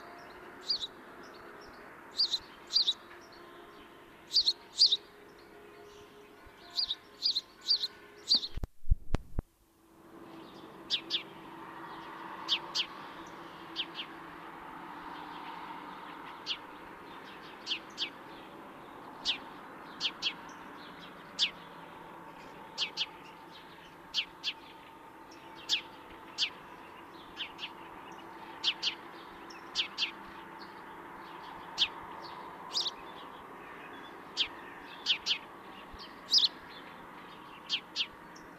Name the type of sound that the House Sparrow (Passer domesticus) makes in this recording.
song